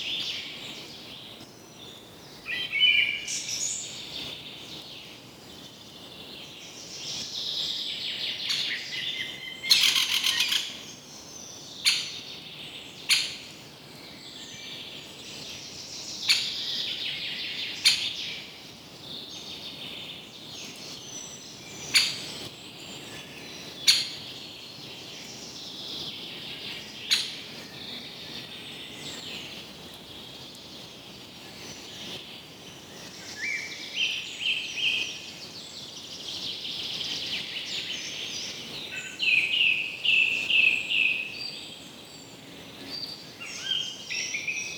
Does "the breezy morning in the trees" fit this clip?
yes